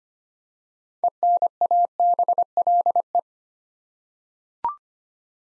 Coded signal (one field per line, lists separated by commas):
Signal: Morse code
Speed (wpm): 25 wpm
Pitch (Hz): 700 Hz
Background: none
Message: ENABLE